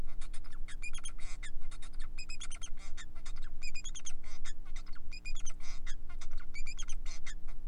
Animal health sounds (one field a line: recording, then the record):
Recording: song of a male Bengalese finch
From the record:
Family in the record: son of father 4